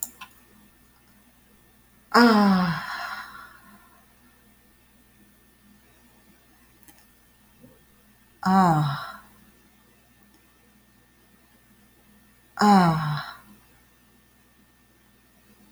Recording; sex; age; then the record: vowel held as long as possible; female; 40 to 49 years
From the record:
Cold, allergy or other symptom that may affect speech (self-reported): no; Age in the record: 48 years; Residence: Michigan, United States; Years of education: 16